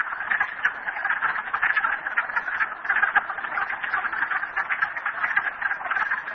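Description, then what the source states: Frogs in full chorus, a thick mass of rattling pulsed calls overlapping without a break. Frogs recorded at Merryspring.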